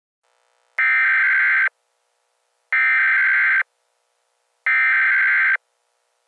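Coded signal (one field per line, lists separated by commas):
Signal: Emergency Alert System (SAME) tones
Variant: header bursts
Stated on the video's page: Fictional EAS scenario with valid EAS tones.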